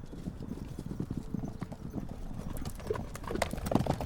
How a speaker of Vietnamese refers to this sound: Tạo thúc ngựa phi nước đại bỏ chạy